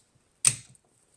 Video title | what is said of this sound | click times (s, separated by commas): Tesla Wipers Failing in Rain? Do THIS Instead of Service | It took a little force to snap into place. | 0.5 s